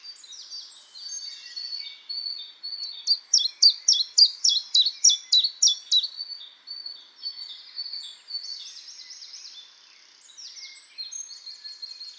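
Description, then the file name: Common chiffchaff song: high, sharp two-pitched notes repeated rapidly in a steady see-saw series, with quieter phrases at the start and end and no other clear sounds. Fast song. "pierwiosnek peter boesman. tjiftjaf snelle zang"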